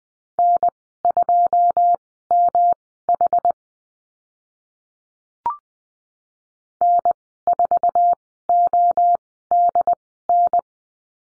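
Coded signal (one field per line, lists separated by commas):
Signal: Morse code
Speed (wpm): 20 wpm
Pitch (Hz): 700 Hz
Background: none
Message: N2MH N4ODN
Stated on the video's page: Morse course lesson on letter M and call signs at Farnsworth speed 20/10 wpm.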